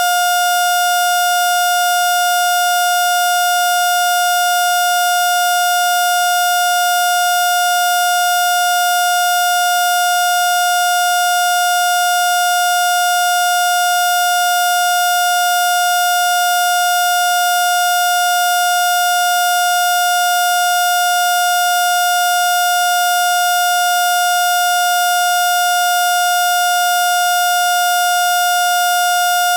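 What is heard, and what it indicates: An unbroken, steady high-pitched tone holds for about thirty seconds with no gaps or change in pitch. It is a sound-effect imitation of a heart monitor flatline alarm, the signal for asystole, when no heartbeat is detected.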